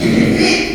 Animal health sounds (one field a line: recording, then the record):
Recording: squeal of a Yucatan mini pig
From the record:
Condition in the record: after surgery on the right vocal fold (resection and tissue-engineered implant)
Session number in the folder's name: 2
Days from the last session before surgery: 13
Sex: male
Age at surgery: 12 weeks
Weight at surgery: 13 kg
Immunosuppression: cyclosporine, prednisolone